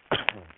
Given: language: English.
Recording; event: throat vibration sensor signal played as sound; cough